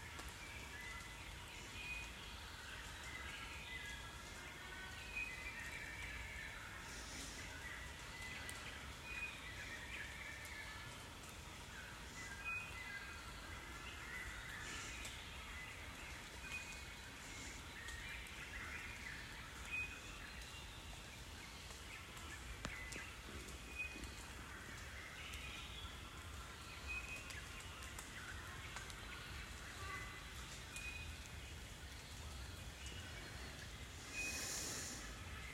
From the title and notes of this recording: Sunrise at Rondo. Sounds from Kenya's Kakamega Rainforest, on Rondo Reserve.